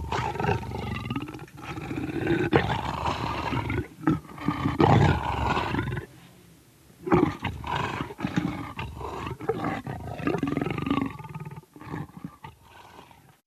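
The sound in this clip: Leopard rasping roar: rough, grating calls in repeated bouts, a quiet gap of about a second near the middle, then more rasps that fade out.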